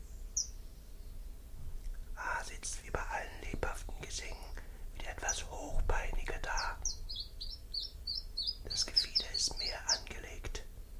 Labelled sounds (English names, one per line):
Common Chiffchaff song